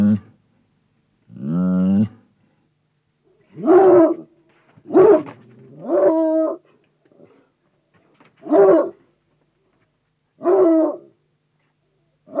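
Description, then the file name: Bloodhound barking: deep, resonant barks spaced one to three seconds apart, a few drawn out into short bays with rich harmonics, quiet in between. "Digiffects Sound Effects Library - Bloodhound Dog Barks"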